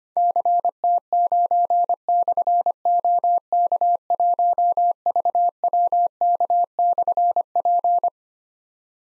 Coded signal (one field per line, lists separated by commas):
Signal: Morse code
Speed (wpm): 25 wpm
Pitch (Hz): 700 Hz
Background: none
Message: CT9/OK1VWK/P